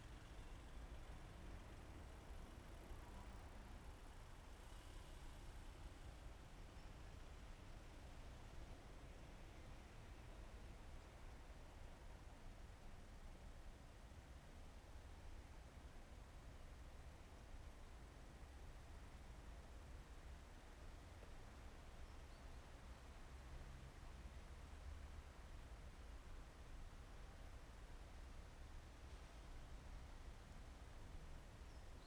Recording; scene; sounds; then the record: everyday scene through a hearing-aid microphone; in traffic; traffic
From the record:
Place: main city hub, rush hour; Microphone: behind the ear, left, front